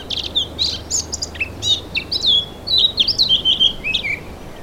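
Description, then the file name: Eurasian blackcap with a rapid string of varied high chirps and downslurred whistles, running steadily for several seconds. "Sylvia atricapilla"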